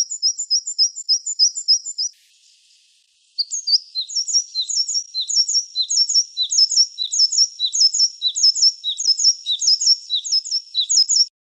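White-browed scrubwren giving high, thin, rapidly repeated chipping notes in a steady pattern, pausing briefly after two seconds before resuming a longer run of doubled notes.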